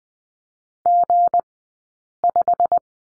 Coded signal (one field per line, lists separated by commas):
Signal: Morse code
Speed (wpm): 20 wpm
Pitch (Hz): 700 Hz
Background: none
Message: G5